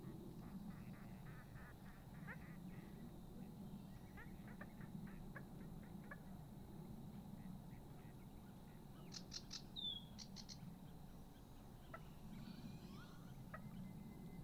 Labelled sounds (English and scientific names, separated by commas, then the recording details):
Little Crake (Porzana parva) mating call
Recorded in the wild
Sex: pair
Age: adult
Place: Gartz (Oder), Nationalpark Unteres Odertal, Brandenburg, DE
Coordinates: 53.1, 14.35
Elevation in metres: 1
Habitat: wetland
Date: 2016-04-22 23:45
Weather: clear, 5°C, almost windless
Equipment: Sound Devices 702, Sennheiser MKH 70, Rycote Windschutz
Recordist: Frommolt, Karl-Heinz